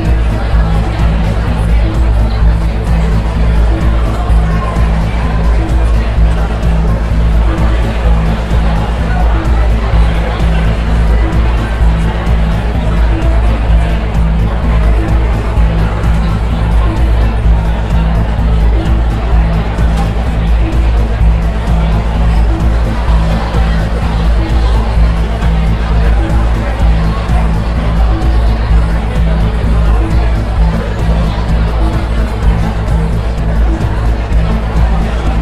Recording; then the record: background sound without coughing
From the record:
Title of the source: Party Noise 1 Hour Party Ambience